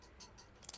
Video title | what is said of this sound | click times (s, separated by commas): Unboxing hand blender / hand blender 😡 | அந்த lock sound உங்களுக்கு கேட்கும் அவ்வளவுதான் அதுக்கப்புறம் | 0.6 s, 0.7 s